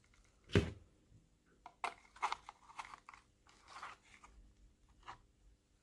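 A handmade JDKnives knife blade is pushed into its moulded kydex sheath until it seats in the sheath's retention. A first hit lands at 0.6 s, then a sharp snap at 1.8 s as the blade clicks home, followed by scraping, crinkly handling sounds. The knife is seated in the sheath.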